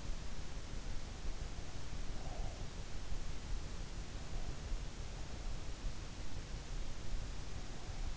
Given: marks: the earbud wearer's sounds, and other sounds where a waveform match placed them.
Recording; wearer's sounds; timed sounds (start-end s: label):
sounds in sleep by an in-ear microphone; breath
2.11-2.99 s: breath